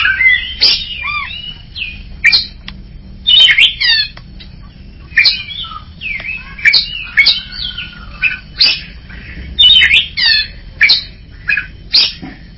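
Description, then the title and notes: Greater green leafbird song: bursts of varied whistles, chips and rasping squawks in short phrases separated by brief pauses, with a faint low hum beneath. Champion-grade singing bird. "Kicau Burung Cucak Ijo Juara. Suara kicauan burung cucak ijo"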